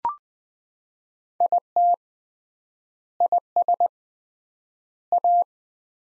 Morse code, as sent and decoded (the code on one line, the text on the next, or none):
.. - / .. ... / .-
IT IS A